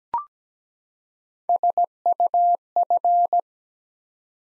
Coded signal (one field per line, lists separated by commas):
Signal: Morse code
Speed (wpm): 17 wpm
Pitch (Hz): 700 Hz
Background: none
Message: SUF